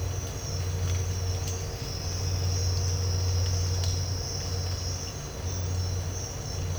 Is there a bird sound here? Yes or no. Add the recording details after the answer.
no. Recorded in dense forest near Puerto Asís, Putumayo, Colombia, on 19 March 2025 at 07:00. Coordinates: 0.468, -76.322. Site GP01